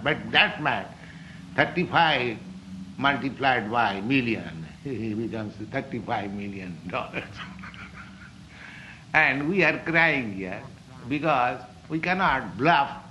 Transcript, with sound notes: But that much, thirty-five multiplied by million, it becomes thirty-five million dollars. [laughs] And we are crying here, because we cannot bluff.